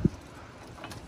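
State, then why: Not seated. A front brake pad for a 2001–2007 Ford Escape/Mazda Tribute is slid by hand into the caliper bracket with the pad material facing the rotor, giving a brief low thump at the start and a short, brighter scrape near 0.8 s over quiet background noise. The pad hangs up and has not seated yet, so it still needs a tap.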